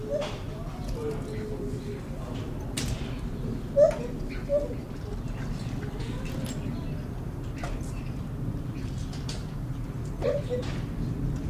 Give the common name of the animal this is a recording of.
Lar Gibbon